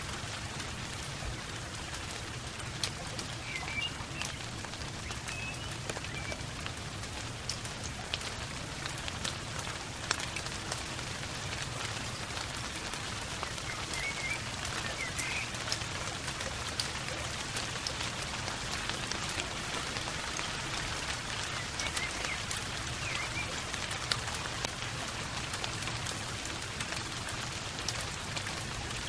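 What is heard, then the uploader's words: Gentle rain falls steadily on a garden, a dense, even patter with countless drops ticking on leaves and surfaces. The shower holds the same level throughout, over a soft low rumble in the background. Spring Rain Showers in the Garden. Rain falls gently from a cloudy sky onto the blooming plants and flowers in a garden.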